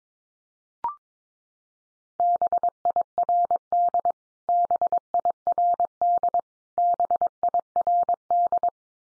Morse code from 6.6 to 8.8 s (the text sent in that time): BIRD